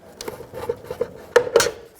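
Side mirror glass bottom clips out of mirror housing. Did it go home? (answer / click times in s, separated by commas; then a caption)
released / 1.4 s. The old side mirror glass on a 2005-2015 Toyota Tacoma is pulled straight down to pop its two bottom plastic clips free of the mirror housing. A few light creaks and ticks come before a sharp pop at 1.4 seconds, followed by a second crackling snap, and the clips are released.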